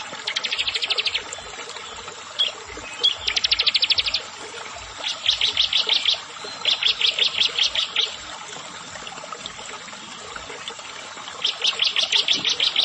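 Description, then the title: Bar-winged prinia song: repeated buzzy high trills of about a second each, separated by gaps of varying length, over steady background noise. "Ciblek Sawah"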